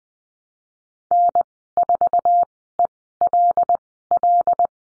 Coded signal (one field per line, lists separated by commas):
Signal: Morse code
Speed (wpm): 20 wpm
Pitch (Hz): 700 Hz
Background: none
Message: N4ELL